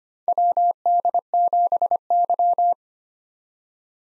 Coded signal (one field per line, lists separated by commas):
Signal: Morse code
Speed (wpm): 25 wpm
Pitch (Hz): 700 Hz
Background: none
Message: WD7Y